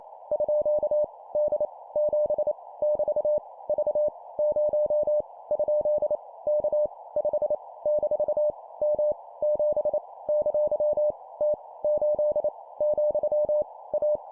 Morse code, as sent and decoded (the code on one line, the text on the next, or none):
..--.- / -.. / --... / -...- / ...- / ----- / ..--.. / -.- / ..... / -....- / -- / --... / -.-.-- / - / ---.. / --..-- / .-
_ D 7 <BT> V 0 ? K 5 - M 7 ! T 8 , A